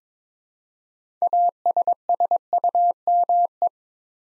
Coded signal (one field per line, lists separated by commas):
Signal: Morse code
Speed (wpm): 21 wpm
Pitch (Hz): 700 Hz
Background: none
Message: ASSUME